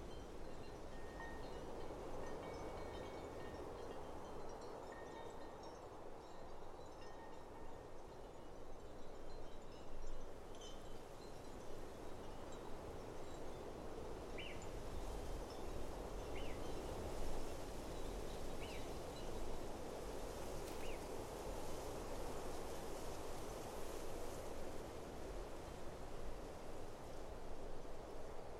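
A mountain summit with a steady, rushing wind roar that stays dense and fairly even throughout, swelling slightly after ten seconds. Faint thin tones drift in over the first eight seconds, and four short high chirps sound between fourteen and twenty-one seconds.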